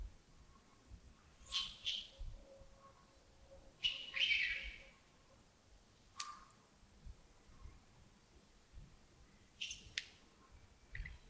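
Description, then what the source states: Sparse bird chirps, a few bright high notes at irregular intervals, with a faint steady low tone in the background. Early morning, Yagongding, 28 December 2025, around 07:40.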